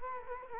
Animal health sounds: mosquito wingbeat signal from an infrared sensor; Culex quinquefasciatus

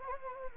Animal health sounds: mosquito wingbeat signal from an infrared sensor; Anopheles gambiae

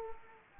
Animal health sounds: mosquito wingbeat signal from an infrared sensor; Anopheles arabiensis

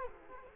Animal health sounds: mosquito wingbeat signal from an infrared sensor; Culex quinquefasciatus

